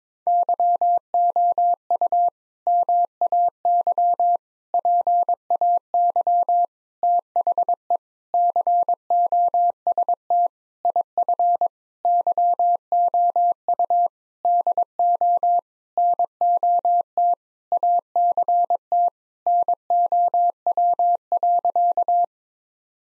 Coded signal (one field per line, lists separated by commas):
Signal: Morse code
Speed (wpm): 22 wpm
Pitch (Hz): 700 Hz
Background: none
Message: YOU MAY PAY THE COST IF YOU DO NOT ACT NOW.